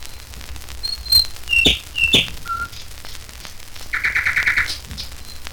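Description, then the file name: Nightingale song: a few pure whistled notes and sharp clicks, then a fast rattling trill, over faint hiss. Recorded in nature. "Solovei s natury"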